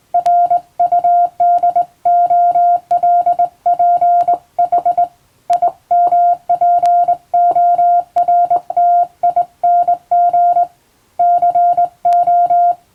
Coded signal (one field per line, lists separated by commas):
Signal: Morse code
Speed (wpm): 20 wpm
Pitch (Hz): 700 Hz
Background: music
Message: RUDOLPH IMPORTING CO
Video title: 【morse code practice】This is practice video for radio operator license. In japan, R/O needs 16wpm.